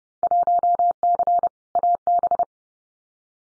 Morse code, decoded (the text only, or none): 1C AB